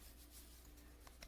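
The plastic arm of a Transformers Earthrise Galactic Odyssey Autobot Clones (Fastlane & Cloudraker) robot toy is held in, and its peg is pushed into the body socket during conversion to jet mode, over a steady low hum and faint rubbing. Two short ticks sound at 1.1 s and 1.2 s as the peg clicks into the slot, and the arm is seated and pegged in.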